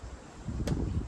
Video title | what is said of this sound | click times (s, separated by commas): CATASTROPHE AVERTED?! Boat Prep At Our Cottage On The Isle of Skye - Scottish Highlands - Ep67 | Oh, that was a satisfying click. The last one didn't do that. | 0.7 s